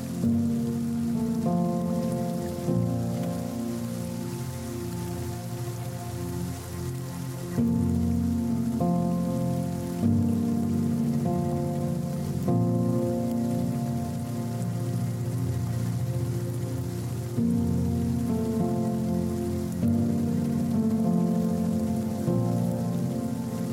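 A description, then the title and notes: Rain falls steadily beneath slow, low music, its sustained chords shifting roughly every two to three seconds at an even, unchanging loudness. Relaxing rain with music.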